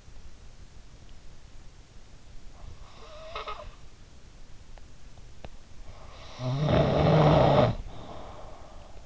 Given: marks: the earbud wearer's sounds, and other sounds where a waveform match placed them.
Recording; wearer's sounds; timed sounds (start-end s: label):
sounds in sleep by an in-ear microphone; snoring breath
2.40-3.93 s: snoring breath
6.26-9.05 s: snoring breath